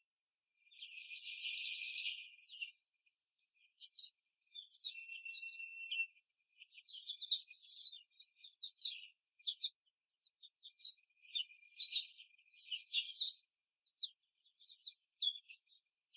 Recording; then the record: young laying hens in a cage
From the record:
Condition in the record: before the stressor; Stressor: simulated dog barking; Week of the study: 3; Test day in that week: 1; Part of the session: 4